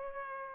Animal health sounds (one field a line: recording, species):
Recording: mosquito wingbeat signal from an infrared sensor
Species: Culex pipiens